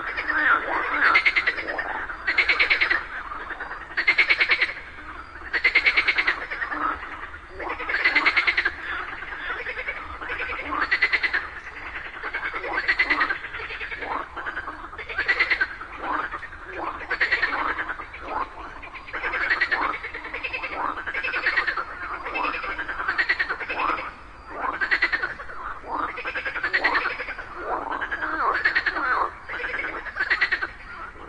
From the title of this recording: Just after it rained during the day, a group of frogs happily cooperated perfectly, creating a symphony of nature.